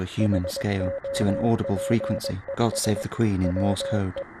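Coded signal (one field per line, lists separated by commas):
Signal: Morse code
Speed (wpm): 20 wpm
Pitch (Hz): 550 Hz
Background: speech, radio noise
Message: HOPES WE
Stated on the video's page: Morse code used as a strange sound from space recorded by satellites, used in an independent short film.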